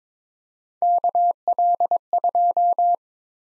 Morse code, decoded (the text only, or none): KL2